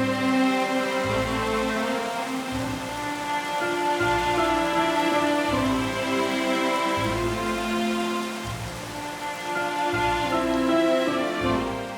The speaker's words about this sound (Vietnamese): Trời bắt đầu đổ cơn mưa rào.